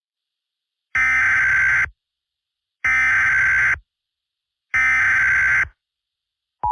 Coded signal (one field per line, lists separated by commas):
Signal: Emergency Alert System (SAME) tones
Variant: header bursts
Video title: EAS SHORT: A Perfectly Normal RMT